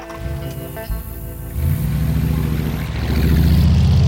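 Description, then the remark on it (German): A motor engine runs with a deep, steady rumble that swells louder after a brief lull, settling into a sustained, humming drone with no voices. “Hoffentlich verreckt ihm der Motor.”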